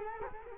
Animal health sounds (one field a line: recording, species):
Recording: mosquito wingbeat signal from an infrared sensor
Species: Culex quinquefasciatus